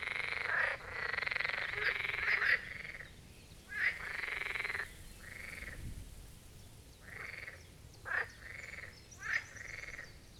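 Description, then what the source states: Marsh frog chorus with long rattling croaks, then shorter bursts, with a few brief sharp calls between. Chorus of marsh frogs at the Birkensee, Schönbuch, Germany; recorded on one of the first hot summer days of 2023.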